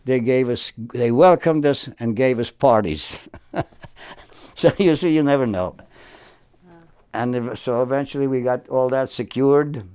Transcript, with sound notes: They gave us—they welcomed us and gave us parties. [Chuckles] So you see, you never know.
Ah.
And they were—so, eventually, we got all that secured.